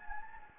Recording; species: mosquito wingbeat signal from an infrared sensor; Anopheles gambiae